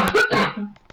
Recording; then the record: coughing mixed with background sound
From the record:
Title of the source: Barking cough - # 10